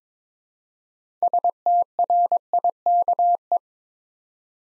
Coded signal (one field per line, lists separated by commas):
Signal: Morse code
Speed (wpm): 21 wpm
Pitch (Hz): 700 Hz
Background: none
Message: STRIKE